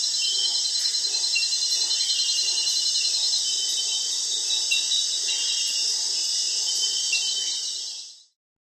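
Cricket chorus of high shrill continuous trilling with a faint regular pulse, quickly fading into silence at the end.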